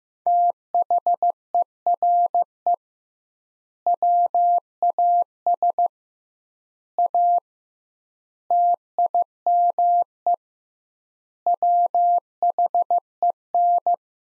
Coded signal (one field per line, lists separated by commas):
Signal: Morse code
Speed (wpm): 15 wpm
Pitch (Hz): 700 Hz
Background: none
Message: THERE WAS A TIME WHEN